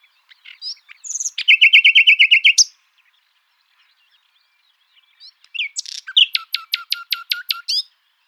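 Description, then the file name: Common nightingale song: two loud phrases separated by silence, each a rapid series of repeated chirping notes, the first lower and rhythmic, the second sharper and clicking. "Luscinia megarhynchos"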